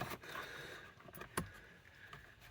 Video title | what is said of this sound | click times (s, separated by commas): Easy way to change the In Cabin Air Filter on a 2023 Nissan Pathfinder. | snap your hinge back on there and you're done. | 1.4 s